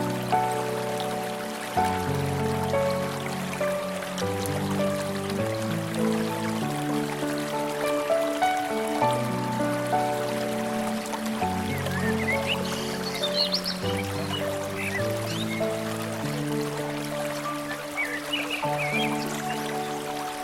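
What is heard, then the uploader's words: Slow piano chords change every two to three seconds over a soft, steady bed of low notes, holding an even level throughout. Beneath them runs a faint trickling hiss like a stream, and a few bright birdcalls chirp in around the middle and again near the end. Relaxing Piano Music & Forest Sounds.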